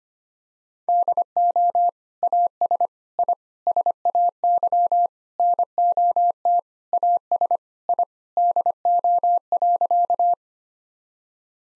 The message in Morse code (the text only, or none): DO AS I SAY NOT AS I DO.